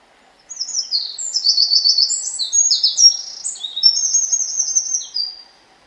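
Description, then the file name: Eurasian wren singing a fast, high-pitched cascade of trills and chattering phrases lasting roughly five seconds, very clear against a quiet background. "Troglodytes troglodytes"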